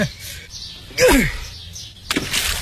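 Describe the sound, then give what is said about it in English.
A golf ball, hit a bit too far to the left, whistles through the air with a falling pitch, then lands in water with a short, hissing splash. No one speaks. “That's in the water.”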